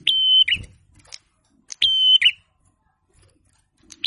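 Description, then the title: Prinia song: two level high whistled phrases, each closing with a rough downturned flourish, spaced well apart with a brief low rumble after the first, and a third phrase starting at the very end. Masteran training recording of a young forest prinia singing continuously, ngalun-style gacor song. "prenjak kepala merah. prenjak atas. cemplir, muda hutan gacor ngalun tanpa henti"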